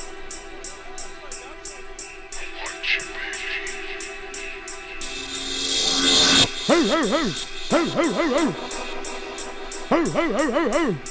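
Over a steady electronic beat in a DJ's closing set at the Future event, MS Connexion Complex, Mannheim, Germany, 2001, rhythmic bursts of dog-like barks arrive in quick groups of several, each bark rising and falling in pitch, loud and punchy within the music.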